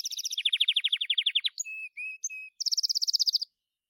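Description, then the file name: Gloster canary song: a fast pulsed trill sliding downward, a few thin steady whistled notes, then another rapid high rolling trill. "canto do canario gloster"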